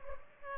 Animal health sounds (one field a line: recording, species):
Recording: mosquito wingbeat signal from an infrared sensor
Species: Culex pipiens